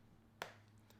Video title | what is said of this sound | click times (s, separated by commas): DON'T MISS THIS Frosted Case! - Spigen Ultra Hybrid Black Frosted for iPhone 15 Pro Max | nice click and of course | 0.4 s